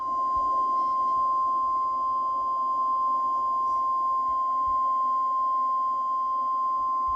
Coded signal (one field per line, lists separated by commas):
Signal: Emergency Alert System (SAME) tones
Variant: 1050 Hz attention tone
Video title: EAS tornado warning Rutherford CO Tn Wilson Co Tn